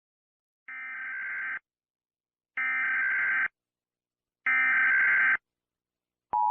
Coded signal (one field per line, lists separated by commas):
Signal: Emergency Alert System (SAME) tones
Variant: header bursts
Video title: THE FALL OF RUSSIA (eas scenario)